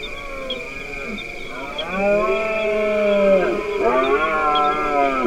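Deer giving repeated tonal roars, a short one first then longer bellows that bend downward, accompanied by a continuous high-pitched hum.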